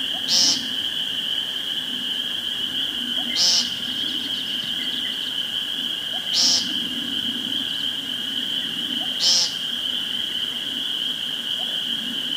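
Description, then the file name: Woodcock repeating low croaks and a high, explosive squeak about every three seconds, four times, with a constant shrill whine in the background. Recorded 2 June 2013 with a phone. "2013-06-02 Woodcocki Phone"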